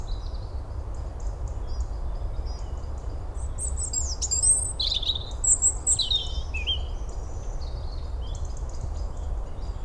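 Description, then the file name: European robin song: thin, high, varied warbled phrases with quick pitch jumps and twittering notes, mostly in the middle seconds, over a steady low rumble. "Erithacus rubecula"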